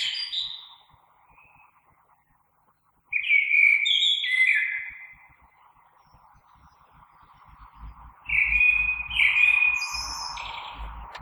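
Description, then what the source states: Common blackbird song: short whistled notes and rich fluting phrases with high squeaky endings, in two bursts separated by quiet, over a low background rumble. Recorded on 3 March 2020.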